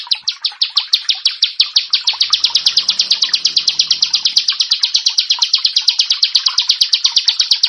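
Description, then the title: Prinia repeating sharp high chipping notes in a quick series, with a soft low hum in the background for part of it. "Ciblek Sawah"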